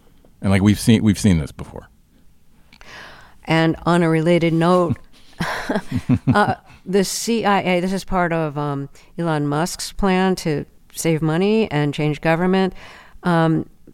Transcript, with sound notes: And, like, we've seen this before.
And on a related note...
(LAUGHTER)
...The CIA. This is part of Elon Musk's plan to save money and change government.